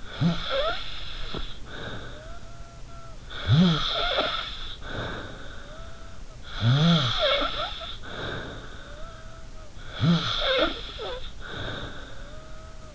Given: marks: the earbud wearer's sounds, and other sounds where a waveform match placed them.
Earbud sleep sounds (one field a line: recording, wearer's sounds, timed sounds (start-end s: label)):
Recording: sounds in sleep by an in-ear microphone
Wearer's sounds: snoring breath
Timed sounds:
0.00-3.00 s: snoring breath
3.13-6.18 s: snoring breath
6.35-9.81 s: snoring breath
9.89-12.95 s: snoring breath